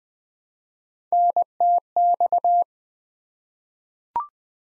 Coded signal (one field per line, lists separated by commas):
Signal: Morse code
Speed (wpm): 20 wpm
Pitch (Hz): 700 Hz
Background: none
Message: NTX